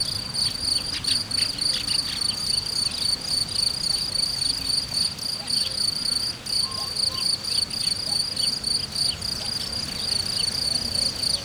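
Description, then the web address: Crickets trill in a continuous high, pulsing buzz, rapid chirps running without pause across the whole stretch, with a faint low rumble beneath. Recorded in nature at Hortobágy in 2014. "allathangok termeszetben tucsok"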